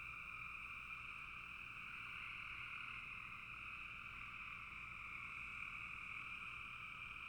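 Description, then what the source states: Frog chorus, a steady, unbroken trilling wall of sound across the whole stretch. Frogs calling in a bog.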